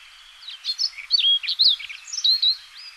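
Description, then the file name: Siberian rubythroat singing a quick, varied phrase of high warbled and slurred notes, with rising and falling whistles in a jumbled sequence. Recorded in Hokkaido, Japan, on 24 June 2005. "nogoma hokkaidou kaji"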